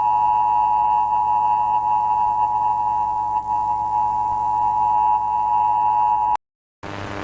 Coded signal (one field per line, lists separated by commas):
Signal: Emergency Alert System (SAME) tones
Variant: 853 and 960 Hz attention tone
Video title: EAS MOCK 14: AMBER ALERT FOR LOS ANGELES CA